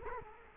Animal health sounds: mosquito wingbeat signal from an infrared sensor; Culex quinquefasciatus

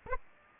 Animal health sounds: mosquito wingbeat signal from an infrared sensor; Aedes aegypti

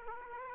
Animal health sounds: mosquito wingbeat signal from an infrared sensor; Aedes aegypti

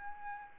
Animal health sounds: mosquito wingbeat signal from an infrared sensor; Aedes albopictus

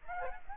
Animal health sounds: mosquito wingbeat signal from an infrared sensor; Aedes aegypti

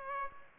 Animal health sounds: mosquito wingbeat signal from an infrared sensor; Aedes aegypti

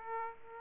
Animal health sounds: mosquito wingbeat signal from an infrared sensor; Aedes aegypti

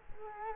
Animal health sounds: mosquito wingbeat signal from an infrared sensor; Culex quinquefasciatus

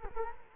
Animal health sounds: mosquito wingbeat signal from an infrared sensor; Culex quinquefasciatus

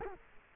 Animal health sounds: mosquito wingbeat signal from an infrared sensor; Culex quinquefasciatus

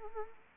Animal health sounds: mosquito wingbeat signal from an infrared sensor; Anopheles arabiensis

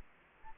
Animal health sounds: mosquito wingbeat signal from an infrared sensor; Aedes aegypti

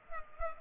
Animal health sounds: mosquito wingbeat signal from an infrared sensor; Culex pipiens

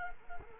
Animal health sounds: mosquito wingbeat signal from an infrared sensor; Culex quinquefasciatus

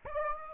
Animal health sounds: mosquito wingbeat signal from an infrared sensor; Aedes aegypti

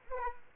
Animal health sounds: mosquito wingbeat signal from an infrared sensor; Aedes aegypti

